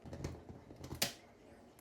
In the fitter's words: ഇത് ലോക്ക് ആയി